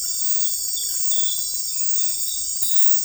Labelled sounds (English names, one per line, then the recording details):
none
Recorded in dense forest near Puerto Asís, Putumayo, Colombia, on 20 February 2024 at 04:00
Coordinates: 0.484, -76.317
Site G6464